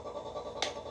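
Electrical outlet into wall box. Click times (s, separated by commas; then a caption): 0.6 s. A part of an electrical outlet assembly is pushed into position in a wall box while replacing a wall outlet. Low steady background noise runs under the clip. A single short pop at 0.6 s marks the part seating into place.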